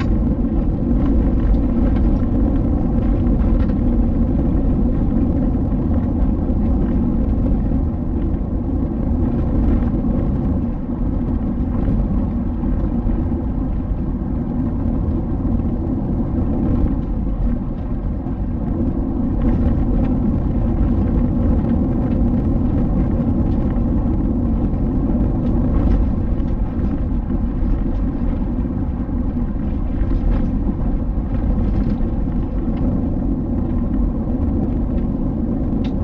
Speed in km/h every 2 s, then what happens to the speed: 76, 72, 79, 80, 81, 79, 78, 79, 78, 78, 78, 79, 79, 79, 79, 78, 79, 80.
0-36 steady at about 79.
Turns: none.